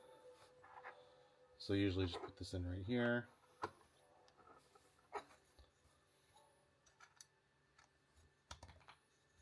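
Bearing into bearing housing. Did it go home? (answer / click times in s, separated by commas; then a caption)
no / none. A bearing is handled by hand at its bearing housing on a Skywalker V1 scooter part, where it is a tight fit. Someone talks briefly, followed by a few light clicks and taps around 3.6, 7.2 and 8.5 seconds. The clip ends before the bearing is pressed in, so nothing has seated yet.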